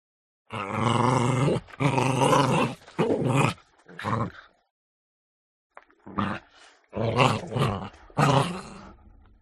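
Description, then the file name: Chihuahua: dog snarling and growling in harsh, rasping bursts of about half a second to just over a second, with a pause midway before the snarls resume and end in a fading growl. Chihuahua snarling during a fight. "smartsound ANIMAL DOG Chihuahua Snarl Fight"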